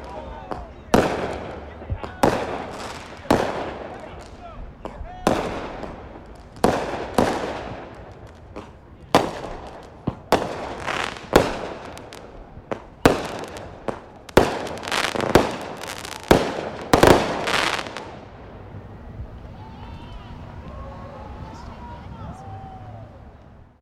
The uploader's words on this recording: Fireworks Over Fremont. Recorded from my rooftop in Seattle's Fremont Neighborhood. SoundDevices 702 m/s: Sennheiser MKH8060 + MKH30 light limiting. Parties full of whooping-and-hollering folk are on every apartment building in the area. One nearby had some extra fireworks.